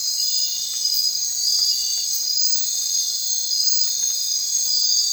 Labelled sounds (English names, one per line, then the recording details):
none
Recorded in secondary vegetation near Puerto Asís, Putumayo, Colombia, on 30 June 2025 at 22:30
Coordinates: 0.499, -76.323
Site G077